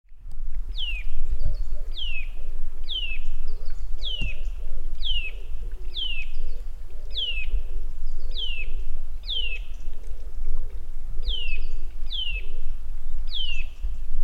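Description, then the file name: Eurasian nuthatch giving a long series of sharp, downward-sliding calls, about one per second, over a steady low rumble. "Sitta europaea"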